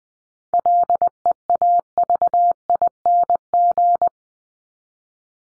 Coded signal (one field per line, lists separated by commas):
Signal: Morse code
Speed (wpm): 20 wpm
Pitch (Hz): 700 Hz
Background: none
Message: LEAVING